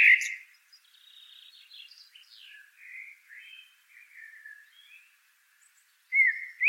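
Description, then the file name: Common blackbird song: a loud fluted note, then a long, softer rambling warble with squeaky twitters, and a fresh fluty phrase starting at the end. "Turdus merula"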